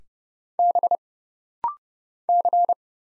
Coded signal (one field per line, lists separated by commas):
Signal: Morse code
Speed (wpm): 30 wpm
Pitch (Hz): 700 Hz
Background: none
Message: B C